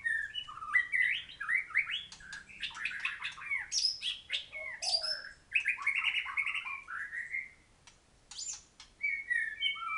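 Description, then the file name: White-rumped shama singing a fast, varied medley of whistles, trills and sharp clicks, phrases tumbling together with a short pause near the end. Thailand. "murai thailand"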